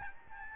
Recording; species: mosquito wingbeat signal from an infrared sensor; Aedes albopictus